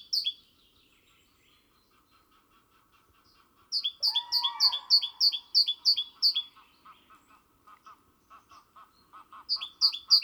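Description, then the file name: Great tit song: bright two-note phrases, high then lower, repeated quickly in bursts, with a harsh, rasping lower note near the start of the longest burst. "Parus major"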